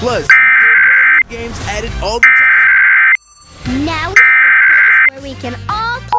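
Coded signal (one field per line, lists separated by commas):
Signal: Emergency Alert System (SAME) tones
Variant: header bursts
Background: speech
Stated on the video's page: Ohio Required Monthly Test aired on PBS Kids via WVIZ Cleveland, between programs.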